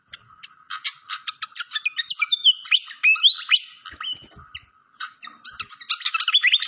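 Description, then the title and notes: Malaysian pied fantail song: quick sharp chips leading into a run of bright stepped whistles, then renewed chipping, with a few faint low knocks midway. Clear-voiced song on a masteran (training) recording. "Masteran Sikatan Kipas Suara Jernih Dan Suara Gemericik Air. Suara Burung Sikatan Londo"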